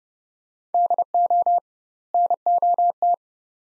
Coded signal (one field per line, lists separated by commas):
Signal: Morse code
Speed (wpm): 30 wpm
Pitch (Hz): 700 Hz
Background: none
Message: DO NOT